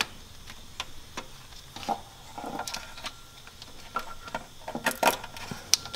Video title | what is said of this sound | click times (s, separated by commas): How to Change Wheel Bearings on a 2009 Jeep Commander | clip it back up you heard the click | 5.7 s